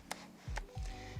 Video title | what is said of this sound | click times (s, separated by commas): Cambo SC 2 4x5 View Camera with Fuji Adapter Tutorial | line it up Red Dot to Red Dot twist it till you hear it click | 0.1 s